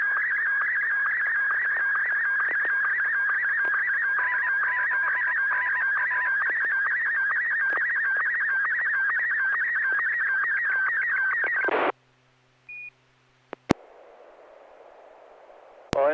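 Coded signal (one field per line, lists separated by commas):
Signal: SSTV (slow-scan television)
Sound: twelve seconds of warbling, chirping tone shifting rapidly in pitch, then a squelch burst and hiss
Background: FM squelch noise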